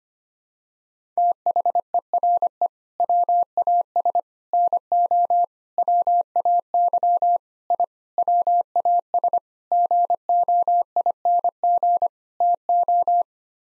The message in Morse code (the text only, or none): THERE WAS NO WAY I WAS GOING TO